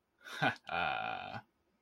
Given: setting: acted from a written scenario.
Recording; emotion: vocal sound without words; pride